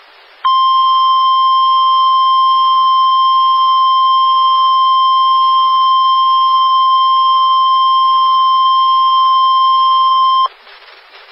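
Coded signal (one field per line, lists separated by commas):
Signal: Emergency Alert System (SAME) tones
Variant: 1050 Hz attention tone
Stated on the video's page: NOAA Weather Radio weekly EAS test received off air from a weather radio transmitter.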